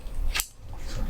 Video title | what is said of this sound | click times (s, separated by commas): Unboxing and Review: Samsung Galaxy Watch Band for Ultimate Style and Comfort | and Slide the band on till it snaps into the the spot | 0.4 s